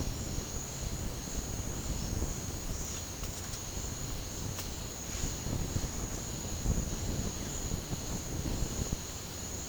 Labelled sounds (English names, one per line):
none